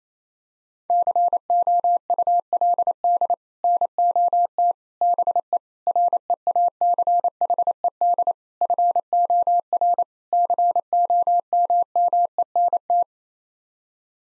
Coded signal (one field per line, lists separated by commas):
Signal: Morse code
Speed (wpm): 28 wpm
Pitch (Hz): 700 Hz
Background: none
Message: COULD NOT BE REACHED FOR COMMENT